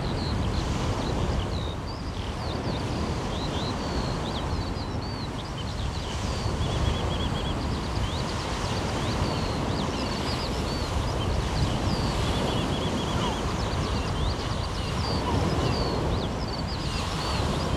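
Waves wash steadily along the Omø coastline in a dense, constant rumble while birds chirp and twitter brightly throughout, overlapping often.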